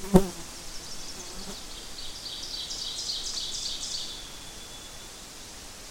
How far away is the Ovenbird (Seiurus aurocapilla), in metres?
about 35 m